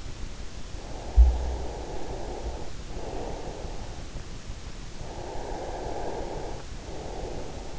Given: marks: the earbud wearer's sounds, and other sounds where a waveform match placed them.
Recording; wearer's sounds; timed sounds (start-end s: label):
sounds in sleep by an in-ear microphone; breath
0.92-4.04 s: breath
5.10-7.79 s: breath